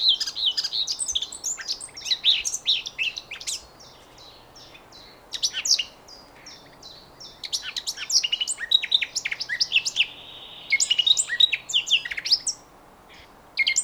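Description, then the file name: Eurasian blackcap song: several bursts of rapid warbling with whistled notes, including one sustained whistle near eleven seconds, separated by quieter gaps. "Sylvia atricapilla"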